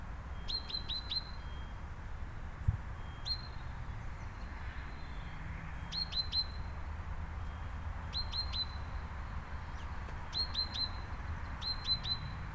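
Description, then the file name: Great tit: repeated high clear notes in short groups, mostly of three or four, each dropping at the end, every couple of seconds, over a steady low rumble. "Parus major"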